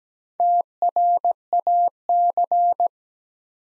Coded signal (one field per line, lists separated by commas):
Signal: Morse code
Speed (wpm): 17 wpm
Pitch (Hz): 700 Hz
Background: none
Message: TRAC